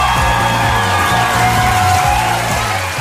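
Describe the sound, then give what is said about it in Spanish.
A large crowd applauds and cheers loudly and steadily for about three seconds for the people of Zarpa, with scattered whoops rising over the dense roar and a low, rhythmic pulse running underneath. “Y desde aquí, nuestros aplausos para la gente de Zarpa”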